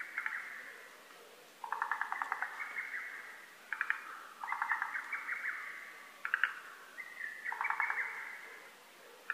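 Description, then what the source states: Lesser cuckoo song, several choppy staccato phrases following closely one after another. Recorded 12 June 2010.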